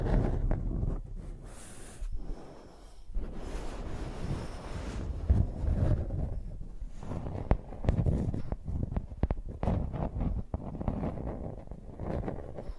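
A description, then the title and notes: Microphones are dragged and scraped like pencils, producing a heavy, rumbling rub with uneven swells. Sharp taps and clicks break through irregularly, growing thicker and more frequent after about seven seconds, with a short bright hiss near the two-second mark. Using Mics as Pencils (No Talking).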